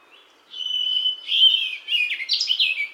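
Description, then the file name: European robin song: a thin sustained high whistle, then a quick jumble of twittering, sliding high notes, with little else heard. "Erithacus rubecula"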